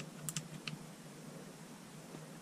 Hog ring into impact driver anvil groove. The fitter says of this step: Hear that click? That means it's in.